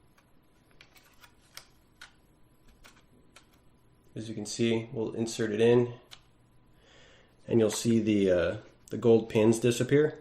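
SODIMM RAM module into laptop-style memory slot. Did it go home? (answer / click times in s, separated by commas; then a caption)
no / none. A SODIMM RAM module is lined up and slid at an angle into a laptop-style memory slot in an Atari VCS, with light plastic contact ticks during the first 3.4 seconds. Someone talks from about 4.1 seconds on. The module has not been pushed down to latch, and nothing has seated or clicked yet.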